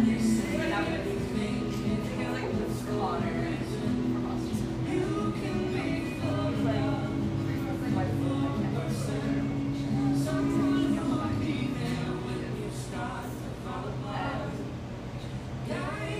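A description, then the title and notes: Inside a small drip coffee shop, several voices overlap in steady conversation, continuous, with no single speaker standing out. A low hum and sustained tones run underneath throughout, and brief clinks and clatters of cups and dishes pop up now and then. Seattle, Washington. Café sounds from a little drip coffee joint in eastern Seattle.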